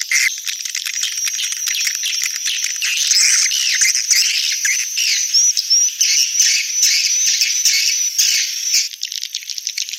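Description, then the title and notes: Swiftlet chatter, a high rasping twitter with a few thin whistled notes mixed in, continuous throughout. Swiftlet sound used in swiftlet farming, Asia. "Swiflet Bird Sound. Farming Swiflet Bird asia sound"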